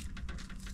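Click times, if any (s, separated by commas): none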